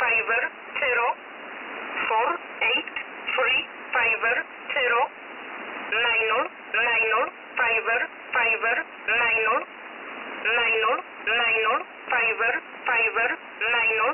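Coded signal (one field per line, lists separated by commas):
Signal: numbers station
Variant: E11 Oblique, English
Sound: synthetic voice reading short words at a steady pace, about twenty words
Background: radio static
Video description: E11 is a very active Polish number station, broadcasting since the 80s. The name "Oblique" comes from the expression for "/", is part of "Polish 11" and is its English mode.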